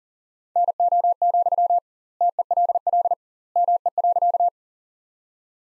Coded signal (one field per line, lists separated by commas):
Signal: Morse code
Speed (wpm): 37 wpm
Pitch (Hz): 700 Hz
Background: none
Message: NO, TELL ME.